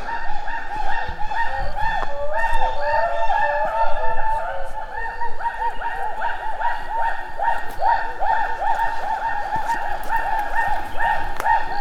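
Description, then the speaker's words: Gibbon calls: a long run of wavering, hooting notes with rich harmonics, steadily repeated and rising and falling. Wild gibbons recorded on day five of a field survey in foggy mountain forest; calls very loud at close range. "录到了长臂猿的声音，被发现了。"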